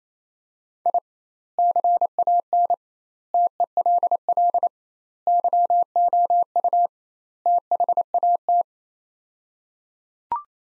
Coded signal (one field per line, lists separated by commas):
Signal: Morse code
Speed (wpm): 27 wpm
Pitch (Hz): 700 Hz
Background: none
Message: I CAN TELL YOU THAT